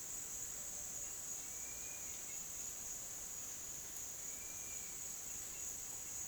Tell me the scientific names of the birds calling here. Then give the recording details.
none. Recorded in dense forest near Puerto Asís, Putumayo, Colombia, on 23 June 2025 at 08:30. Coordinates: 0.484, -76.325. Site H65